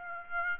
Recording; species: mosquito wingbeat signal from an infrared sensor; Aedes aegypti